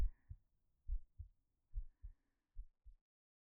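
Soft, regular paired lub-dub heartbeats at about 70 beats a minute, in a quiet background.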